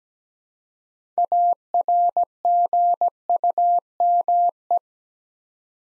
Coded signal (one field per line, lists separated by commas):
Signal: Morse code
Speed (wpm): 17 wpm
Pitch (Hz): 700 Hz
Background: none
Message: ARGUME